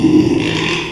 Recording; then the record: squeal of a Yucatan mini pig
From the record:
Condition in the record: after surgery on the right vocal fold (resection and tissue-engineered implant); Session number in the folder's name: 1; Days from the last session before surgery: 6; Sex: male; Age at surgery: 12 weeks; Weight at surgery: 13 kg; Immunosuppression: cyclosporine, prednisolone